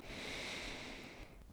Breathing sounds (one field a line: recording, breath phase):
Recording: one breath near a microphone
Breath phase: inhalation